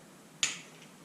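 A torque wrench rechecking a triple clamp bolt on a Husqvarna TE 300i clicks once at its setting at 0.4 s. The click is a single sharp, bright snap that fades within about two tenths of a second against quiet background noise. The bolt is confirmed at its set torque.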